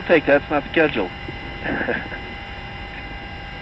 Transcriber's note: chuckle